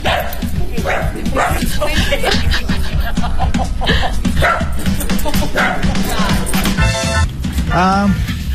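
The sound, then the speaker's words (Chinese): Pet dogs brought by employees to an office in Calgary, Canada, bark and yip in a busy, noisy scene, with several sharp barks and a whimpering, pitch-bending cry near the end, while people talk in the background throughout. “加拿大卡尔加里市一些公司推出了准许员工带宠物狗到办公室上班的政策，这似乎起到了让员工们放松、减少压力、提高工作效率的作用。”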